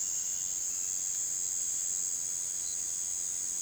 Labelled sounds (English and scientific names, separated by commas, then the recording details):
none
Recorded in pastures near Puerto Asís, Putumayo, Colombia, on 30 June 2025 at 18:30
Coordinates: 0.486, -76.323
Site H29